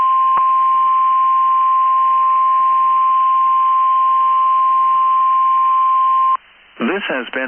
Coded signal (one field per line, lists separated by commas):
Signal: Emergency Alert System (SAME) tones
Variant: 1050 Hz attention tone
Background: speech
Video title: 12/7/22 BOX RWT ON KEC73 EAS#288